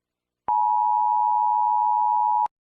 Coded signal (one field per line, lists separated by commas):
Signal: Emergency Alert System (SAME) tones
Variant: 853 and 960 Hz attention tone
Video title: ZVG6-24 (Zombie virus outbreak) EAS scenario | part 1